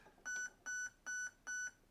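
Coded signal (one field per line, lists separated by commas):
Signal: beep code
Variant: Specna Arms HALL ETU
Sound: four short equal electronic beeps about 1.5 kHz, evenly spaced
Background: small room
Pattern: 4 short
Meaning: Four beeps in the main menu indicate the pre-cocking category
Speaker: four beeps in the main menu means we are at pre-cocking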